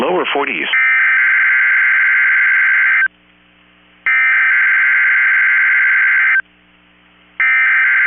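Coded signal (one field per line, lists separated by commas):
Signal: Emergency Alert System (SAME) tones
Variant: header bursts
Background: speech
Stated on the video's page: Required Weekly Test heard on the weather radio transmitter.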